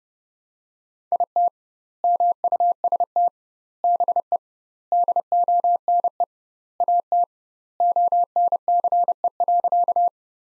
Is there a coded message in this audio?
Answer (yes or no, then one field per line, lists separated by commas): yes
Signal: Morse code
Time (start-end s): 1.1-10.1 s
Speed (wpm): 32 wpm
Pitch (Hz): 700 Hz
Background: none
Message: IT MUST BE DONE AT ONCE.